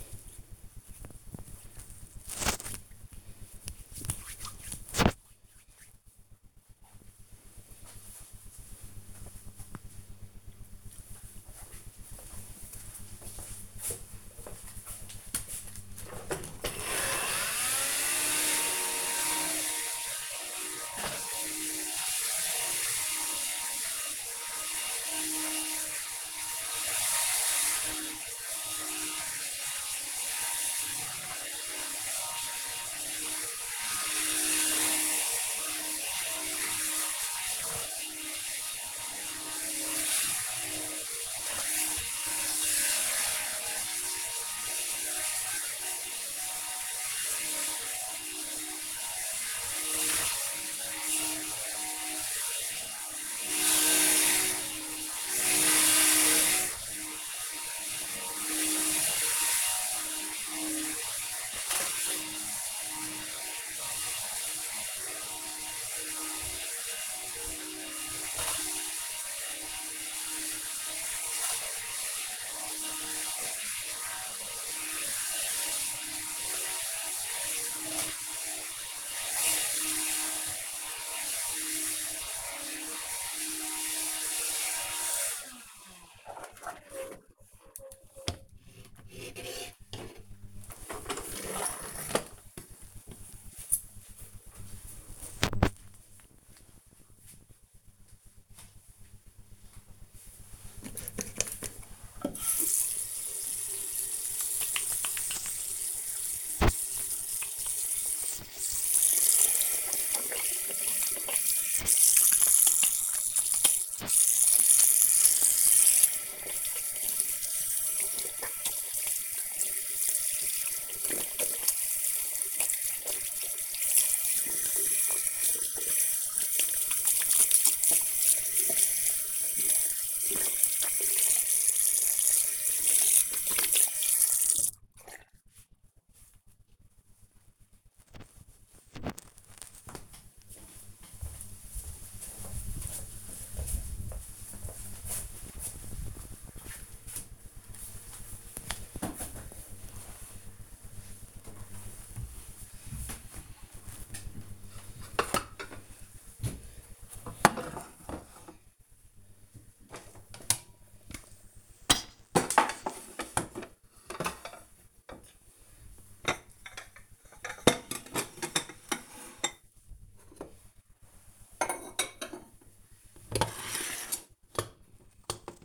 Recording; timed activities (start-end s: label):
household activities, microphone on the right wrist
0.00-5.61 s: cream hands
15.67-88.16 s: vacuum cleaning
99.21-135.45 s: washing hands
150.54-175.65 s: putting away the dishes